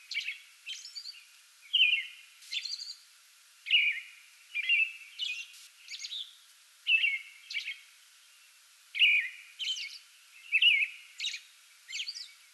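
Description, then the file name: American robin giving a long series of caroling whistled phrases, low slurred notes paired with high thin squeaky ones, repeated steadily throughout. Pre-dawn song bout, recorded 8 May 2022. "2022-05-08 American Robin pre-dawn song bout"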